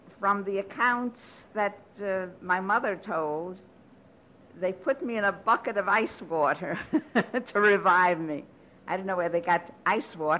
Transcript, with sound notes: from the accounts that my mother told, they put me in a bucket of ice water (she laughs) to revive me. I don't know where they got the ice water.